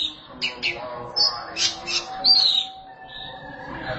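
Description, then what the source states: Oriental magpie-robin song: several sharp high notes followed by a sweet descending whistle, with faint humming behind. Kacer song.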